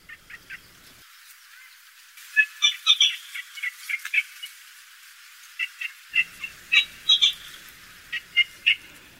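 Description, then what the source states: Yellow bittern calls: short, harsh clicking notes, three quick ones then a dense irregular burst, followed by more spaced notes in small clusters. Juvenile bird.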